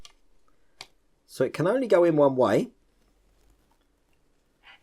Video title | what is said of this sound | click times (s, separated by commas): Build the 1:2 Scale Giger Xenomorph Alien - Pack 9 - Stages 61-68 | And it fits in just like that. You probably heard that click in there. | 0.8 s